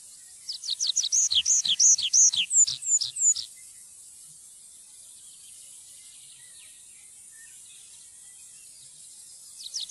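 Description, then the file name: Tree pipit song: a quick run of many high, sharply down-slurred notes lasting about three seconds, followed by quiet and the start of another phrase at the very end. "trepipelerke"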